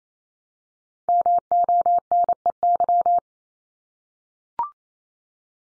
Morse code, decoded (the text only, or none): MONEY